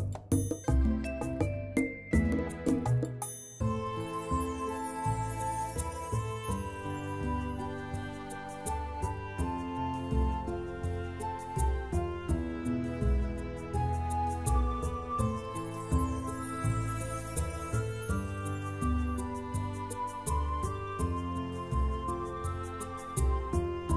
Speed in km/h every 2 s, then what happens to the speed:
120, 122, 124, 123, 119, 117, 117, 116, 114, 115, 116, 120.
0-17 steady at about 119. 17-24 speeds up to 120.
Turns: none.